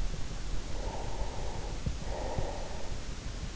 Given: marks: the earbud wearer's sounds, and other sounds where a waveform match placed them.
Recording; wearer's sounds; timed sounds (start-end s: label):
sounds in sleep by an in-ear microphone; breath
0.39-3.25 s: breath